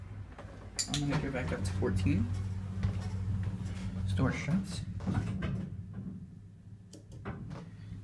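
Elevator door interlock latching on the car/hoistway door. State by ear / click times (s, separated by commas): seated / 6.9 s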